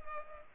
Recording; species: mosquito wingbeat signal from an infrared sensor; Culex pipiens